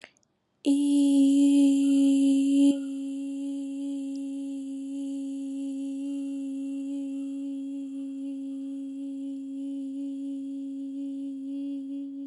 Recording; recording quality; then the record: sustained vowel as in beet; excellent, no background noise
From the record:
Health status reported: COVID-19 positive, mild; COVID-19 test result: positive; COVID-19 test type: RT-PCR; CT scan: not taken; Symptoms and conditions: cough, cold, fever, muscle pain, diarrhoea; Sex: female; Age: 28 years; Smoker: no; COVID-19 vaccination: both doses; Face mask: not worn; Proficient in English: yes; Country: India